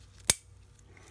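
A black printhead ink cartridge, turned letters-up, is slid from the back into the printer's carriage holder. It snaps home with a single loud, sharp click at 0.3 s, followed by near silence and two faint ticks. The cartridge is seated in the holder.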